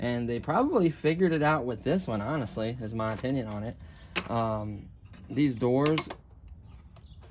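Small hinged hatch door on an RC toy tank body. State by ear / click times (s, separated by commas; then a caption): seated / 7.0 s. Someone talks for the first six seconds, then a small hinged plastic hatch door on an RC Ripsaw toy tank body is closed and clicks shut at 7.0 s. The door seats with a nice click, and the sound fades to quiet afterward.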